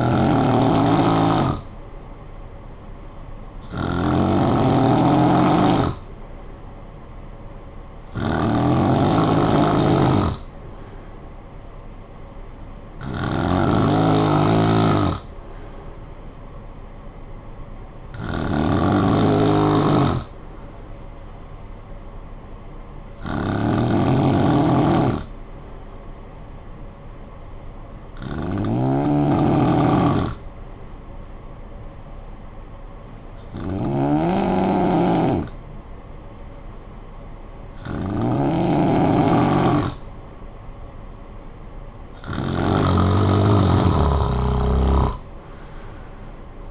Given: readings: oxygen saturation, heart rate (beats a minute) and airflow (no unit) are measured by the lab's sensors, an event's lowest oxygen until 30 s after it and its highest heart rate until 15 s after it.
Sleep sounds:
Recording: breathing in sleep by a smartphone at the bedside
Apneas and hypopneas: 1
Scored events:
29.00-42.20 s: hypopnea (N2, oxygen 95% highest, then 91% lowest, heart rate 54 at the start, 69 highest)
From the record:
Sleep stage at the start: N2 (light sleep)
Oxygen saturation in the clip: 91 to 95%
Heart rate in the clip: 53 to 63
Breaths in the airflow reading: 10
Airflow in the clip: -16.2 to 6.4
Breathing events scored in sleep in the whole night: 445 in 7.6 hours asleep

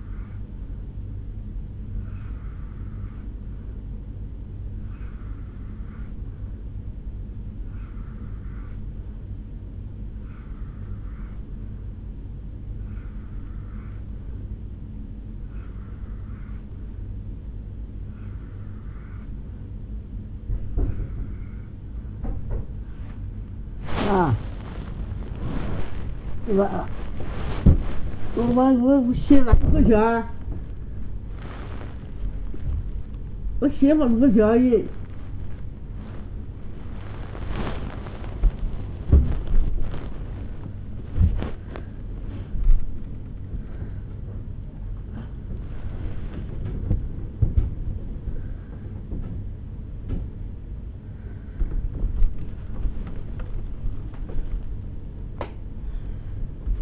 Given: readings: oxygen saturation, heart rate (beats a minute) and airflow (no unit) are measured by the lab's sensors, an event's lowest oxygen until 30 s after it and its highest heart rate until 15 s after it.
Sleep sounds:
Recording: a person awake in a sleep study, by a smartphone at the bedside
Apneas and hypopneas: none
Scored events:
24.00-56.82 s: new sleep stage, awake
25.00-56.82 s: awake
From the record:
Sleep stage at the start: N2 (light sleep)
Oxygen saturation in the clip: 85 to 94%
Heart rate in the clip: 66 to 87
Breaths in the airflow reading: 17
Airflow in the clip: -7.3 to 8.1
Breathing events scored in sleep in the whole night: 449 in 7.0 hours asleep

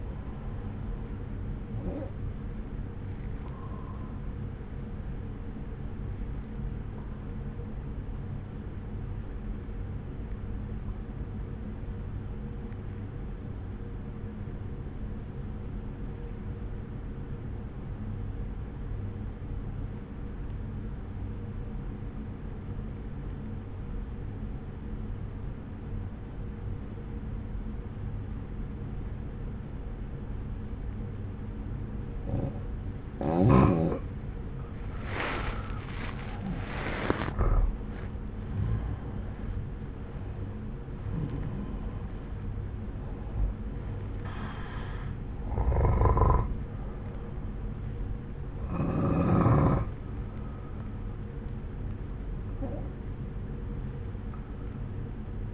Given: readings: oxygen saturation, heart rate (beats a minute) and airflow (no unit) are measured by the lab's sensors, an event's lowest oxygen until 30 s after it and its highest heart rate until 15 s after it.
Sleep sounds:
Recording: breathing in sleep by a smartphone at the bedside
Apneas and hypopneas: 1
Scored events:
6.00-37.10 s: obstructive apnea (N1, oxygen 95% highest, then 87% lowest)
From the record:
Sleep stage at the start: N1 (lightest sleep)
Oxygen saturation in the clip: 89 to 95%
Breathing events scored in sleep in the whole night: 303 in 8.1 hours asleep

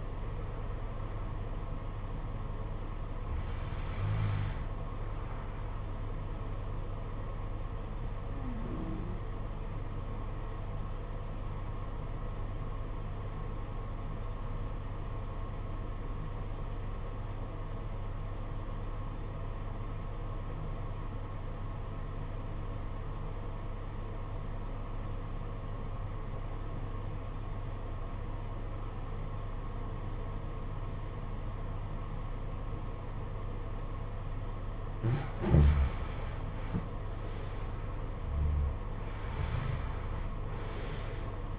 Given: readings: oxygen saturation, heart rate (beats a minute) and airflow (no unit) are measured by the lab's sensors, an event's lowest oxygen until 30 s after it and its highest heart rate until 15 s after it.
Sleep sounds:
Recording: breathing in sleep by a smartphone at the bedside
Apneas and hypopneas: 1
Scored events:
14.00-36.10 s: obstructive apnea (REM, oxygen 96% highest, then 79% lowest, heart rate 51 at the start, 66 highest)
From the record:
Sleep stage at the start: REM sleep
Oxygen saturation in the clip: 77 to 96%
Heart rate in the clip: 50 to 66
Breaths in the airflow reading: 4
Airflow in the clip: -15.4 to 10.9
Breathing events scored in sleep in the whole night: 476 in 9.7 hours asleep

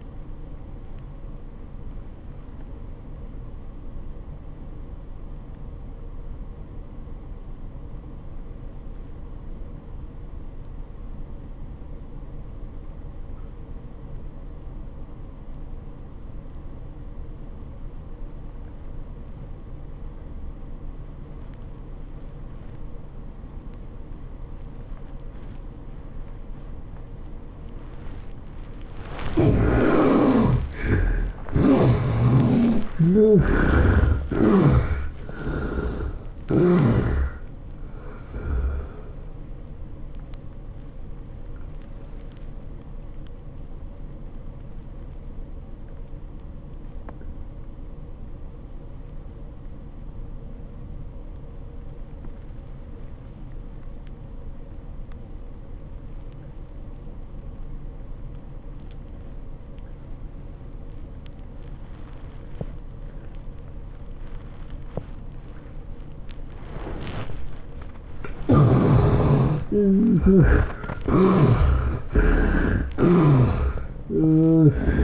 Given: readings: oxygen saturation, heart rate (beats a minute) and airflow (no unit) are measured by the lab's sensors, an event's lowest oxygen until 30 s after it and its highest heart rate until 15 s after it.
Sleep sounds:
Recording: breathing in sleep by a smartphone at the bedside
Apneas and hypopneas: 2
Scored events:
7.00-29.50 s: obstructive apnea (N1, oxygen 95% highest, then 67% lowest, heart rate 78 at the start, 106 highest)
11.00-71.00 s: new sleep stage, N2 (light sleep)
46.00-69.00 s: obstructive apnea (N2, oxygen 91% highest, then 71% lowest, heart rate 80 at the start, 106 highest)
71.00-75.04 s: new sleep stage, N1 (lightest sleep)
From the record:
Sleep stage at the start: N1 (lightest sleep)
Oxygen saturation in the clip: 67 to 95%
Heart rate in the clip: 73 to 106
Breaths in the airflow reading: 9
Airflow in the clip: -15.3 to 13.9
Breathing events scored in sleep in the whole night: 403 in 5.5 hours asleep

